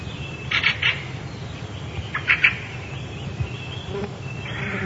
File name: drozd rjabinnik